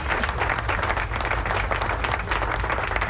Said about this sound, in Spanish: Así que aplauso.